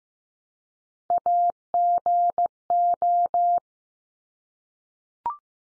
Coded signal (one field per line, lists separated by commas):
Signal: Morse code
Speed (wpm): 15 wpm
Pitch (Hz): 700 Hz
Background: none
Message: AGO